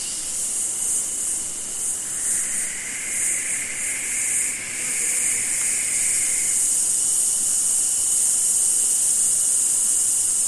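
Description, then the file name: Cicada chorus throbbing in slow pulses, then settling into a steady shrill drone, with a lower buzzing tone in the middle stretch. In a summer forest in Australia. "zapsplat nature forest amb summer insects cicada flies australia"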